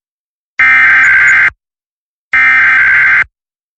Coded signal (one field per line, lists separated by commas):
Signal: Emergency Alert System (SAME) tones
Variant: header bursts